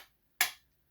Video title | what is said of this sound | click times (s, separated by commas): Blindformers Ep. 27: CW Constructacon Longhaul. Part 6 of Combiner Wars Devastator | and it will snap into place listen | 0.4 s